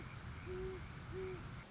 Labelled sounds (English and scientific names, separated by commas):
Great Horned Owl (Bubo virginianus)